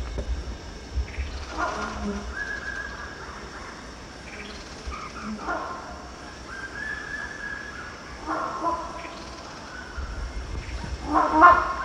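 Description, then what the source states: Rhinoceros hornbill repeats harsh, nasal honks every few seconds, with rising whistled notes from other birds in between over a low background hum. At Danum, 1 January 2008.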